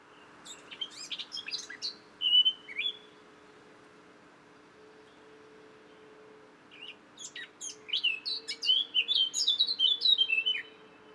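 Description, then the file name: Eurasian blackcap song in two bursts: a brief scratchy warble with a few whistled notes, a pause of a few seconds, then a longer, richer fluty warbling phrase; faint steady hum beneath. "Sylvia atricapilla"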